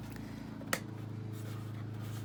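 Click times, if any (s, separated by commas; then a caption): none. An LED headlight bulb assembly is handled at the headlight housing of a Porsche 944 during an LED upgrade, with its front tab lined up first against a steady low hum. A single brief sharp tick is heard at 0.7 s, but nothing has seated or clicked into place yet.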